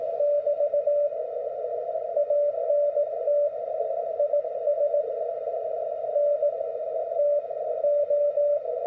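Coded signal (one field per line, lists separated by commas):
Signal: Morse code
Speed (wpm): 19 wpm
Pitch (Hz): 580 Hz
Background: none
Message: <BT> ANT IS NTO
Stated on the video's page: Standard CW QSO following a club QSO protocol, as a guide for new CW operators.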